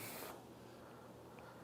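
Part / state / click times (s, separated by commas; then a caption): steel circlip into the wrist pin groove of an engine piston / not seated / none. A steel circlip is being handled at the wrist pin groove of an aluminium engine piston, with the second wrist-pin circlip about to be pressed into place. A broad hiss fills the first third of a second, then a quiet, steady low hum with faint scraping remains. Nothing has seated or clicked yet.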